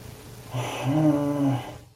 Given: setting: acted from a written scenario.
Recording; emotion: vocal sound without words; guilt